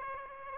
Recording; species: mosquito wingbeat signal from an infrared sensor; Aedes aegypti